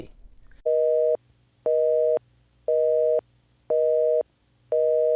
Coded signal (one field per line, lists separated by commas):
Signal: telephone call progress tone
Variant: North America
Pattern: busy tone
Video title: Guy Torry On Filming 'Life' With Bernie, Eddie, & Martin: "Eddie Murphy Set The Tone Out The Gate"